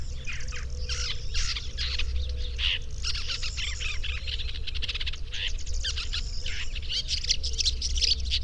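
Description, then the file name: Woodchat shrike giving harsh, scratchy chattering calls in quick irregular bursts, mixed with high squeaky notes throughout, over a constant low rumble. "woodchat-shrike-2-omkicau"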